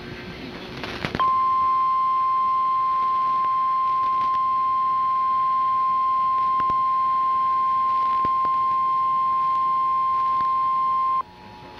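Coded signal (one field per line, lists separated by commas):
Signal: Emergency Alert System (SAME) tones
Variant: 1050 Hz attention tone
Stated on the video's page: Real Flash Flood Warning broadcast on KUSA-TV 9, Denver, Colorado.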